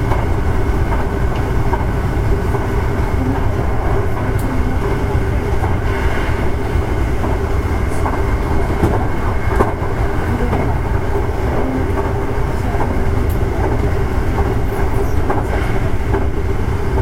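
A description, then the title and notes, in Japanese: A running electric train, recorded close by, with a dense, steady low rumble that never lets up across the whole stretch. A faint tone hums in the middle range, and brief clicks and clacks from the track cut through at irregular moments. 阪急1000系 神戸線特急 梅田から西宮北口まで。阪急電鉄1000系電車の走行音です。神戸線の特急列車にて収録しました。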